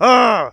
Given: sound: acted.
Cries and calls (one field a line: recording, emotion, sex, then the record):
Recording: nonverbal affect burst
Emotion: anger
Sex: male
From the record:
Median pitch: 222 Hz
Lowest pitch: 100 Hz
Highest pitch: 259 Hz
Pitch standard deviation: 48 Hz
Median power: 80.8 dB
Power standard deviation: 10.2 dB